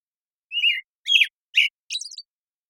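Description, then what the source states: American Robin caroling, one slurred whistle dropping in pitch, two fuller notes, and a high thin trailing note, with silence around it. Morning song in a very long sequence, Pacific Northwest, Washington, United States; parabolic microphone recording, processed clean for clarity with natural pacing and rhythm kept.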